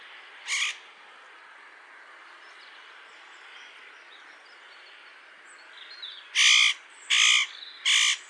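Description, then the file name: Spotted nutcracker making rasping, crow-like calls: a single one early, then a run of three in quick succession near the end. "ORZECHOWKA"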